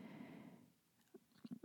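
A low, drawn-out rumble from an adult's abdomen lasts about half a second, then fades into quiet. A few soft clicks or mouth sounds follow. It is an ordinary stomach growl, the normal gurgling of gas and fluid moving through the gut, one that has recurred often during the pandemic.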